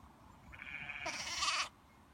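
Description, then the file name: Sheep: lamb giving a single drawn-out bleat, a thin quavering baa that rises into a louder, harsher ending before stopping abruptly. Young lamb bleating. "Cute baby lamb bleating - Baby lamb makes baaing sounds"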